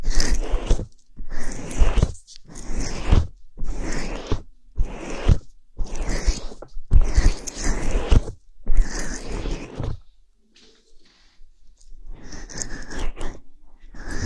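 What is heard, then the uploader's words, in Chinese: Ear cleaning with a fluffy bonten ear pick: rough, scratchy brushing strokes arrive in regular bursts about once a second, each full and crackly from low thump to bright hiss. Around ten seconds the strokes pause briefly, then resume more softly. 梵天掏耳。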